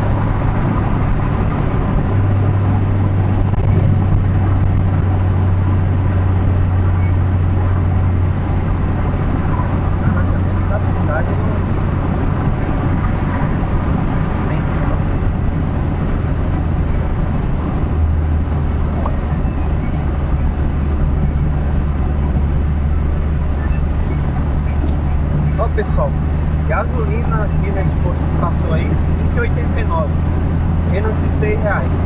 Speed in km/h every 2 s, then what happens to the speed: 115, 111, 108, 105, 103, 104, 102, 98, 94, 85, 83, 84, 86, 89, 93, 97.
0-17 slows to 85. 17-22 steady at about 84. 22-32 speeds up to 97.